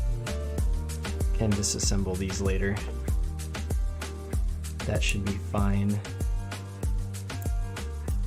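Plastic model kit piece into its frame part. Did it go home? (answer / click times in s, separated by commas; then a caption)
no / none. Small plastic model kit pieces are handled and pressed toward their frame part, meant to go in only partway so they can be taken apart later, while music plays steadily and someone talks. Nothing has seated or clicked yet; the clip ends just before the part snaps fully home.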